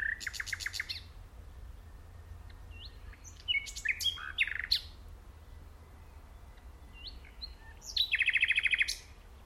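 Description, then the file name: Common nightingale song in separate phrases: a fast pulsed trill, a pause, a cluster of whistled and clicking notes, then another rapid rattling trill. "Luscinia megarhynchos"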